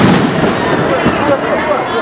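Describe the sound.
Rubber-bullet gunfire cracks out in a rapid, irregular string of loud pops over a dense wash of crowd noise, with voices mixed into the steady roar, at the parking lot of the Palácio das Araucárias.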